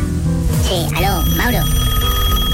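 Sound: telephone ringing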